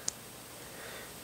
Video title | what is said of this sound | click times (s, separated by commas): Tutorial - Deluxe LEGO Gourmet Kitchen How To | It will snap in place. | 0.1 s